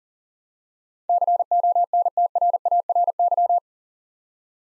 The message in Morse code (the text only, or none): CONTRARY